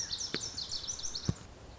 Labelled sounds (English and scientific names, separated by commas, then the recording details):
Lazuli Bunting (Passerina amoena)
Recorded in Sonoma County, California